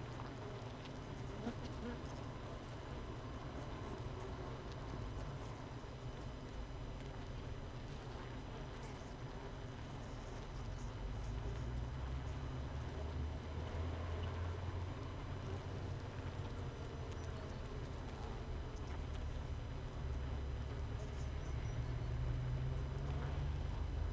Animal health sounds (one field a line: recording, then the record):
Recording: honeybee colony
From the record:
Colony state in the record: missing queen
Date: 31 May 2018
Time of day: 5:35